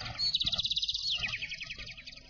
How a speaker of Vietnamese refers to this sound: Ngờ đâu trên trời xà xuống một đàn chim sẻ, ríu rít mổ lúa đặt sang một bên.